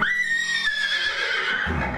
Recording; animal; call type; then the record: contact call of a hoofed animal; horse; whinny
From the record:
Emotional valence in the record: negative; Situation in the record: group separation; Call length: 2.0 s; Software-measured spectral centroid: 2630 Hz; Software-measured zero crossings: 3900 a second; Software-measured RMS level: -24 dBFS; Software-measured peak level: -11 dBFS